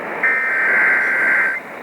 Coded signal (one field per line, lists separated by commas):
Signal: Emergency Alert System (SAME) tones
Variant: header bursts